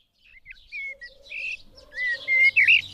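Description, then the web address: Eurasian blackbird singing clear, fluted whistled notes that end in a twittering, squeaky flourish. "agykontroll Madardalok Cd 2. Feketerigó"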